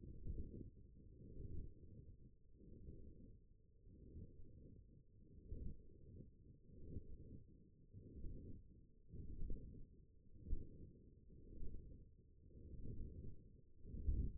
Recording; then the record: forearm muscle sounds (acoustic myography)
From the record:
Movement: forearm supination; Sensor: system 1, eight BSWA MPA416 microphones around the upper forearm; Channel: 3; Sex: male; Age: 21 years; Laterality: right